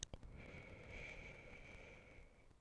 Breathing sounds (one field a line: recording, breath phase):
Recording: one breath near a microphone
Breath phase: exhalation